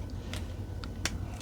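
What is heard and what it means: The plastic shoulder joints of a Transformers Legacy Evolution Dreadwing action figure are pushed right into place in its torso, with faint ticks near 0.3 and 0.8 seconds over a steady low hum. A sharp, bright click at 1.1 seconds marks the joints seating.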